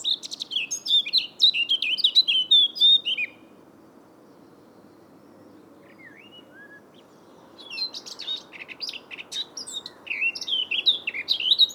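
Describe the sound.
Eurasian blackcap singing two fast, chattering warbled phrases separated by a pause with a couple of soft calls.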